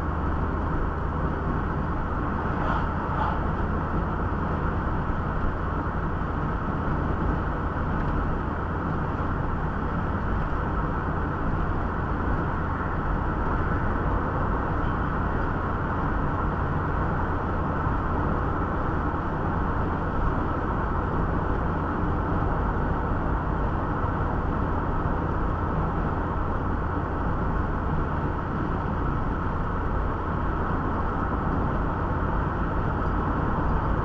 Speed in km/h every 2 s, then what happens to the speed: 74, 77, 78, 79, 80, 80, 80, 81, 80, 80, 80, 79, 79, 78, 79, 80, 81.
0-8 speeds up to 80. 8-34 steady at about 80.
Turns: none.